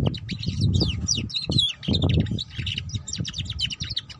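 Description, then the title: Canary song, dense rapid trills and warbled chirps running continuously at high pitch, over a low rumbling background noise and a faint steady hum. Belgian canary; song used to warm up and stimulate canaries to sing, to help them learn the ngeriwik sound, and as a lure for ngeriwik canaries. "Canto Para Esquentar Canário Belga. Suara Kenari Belajar Bunyi Ngeriwik || Cocok Untuk Pancingan Kenari Ngeriwik"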